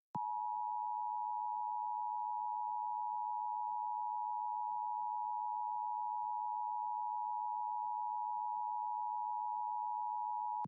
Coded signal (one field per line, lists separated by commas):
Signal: Emergency Alert System (SAME) tones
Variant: 853 and 960 Hz attention tone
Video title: SPECIAL EDITION: DX Central Live | 1150-KSEN-MT DX Test | Sunday, November 6, 2022